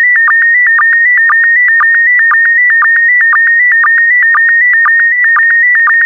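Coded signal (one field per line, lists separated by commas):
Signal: SSTV (slow-scan television)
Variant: PD120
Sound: steady high warbling tone with rhythmic low blips about twice per second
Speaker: complete you can now check your decoded image against the picture that is shown on the video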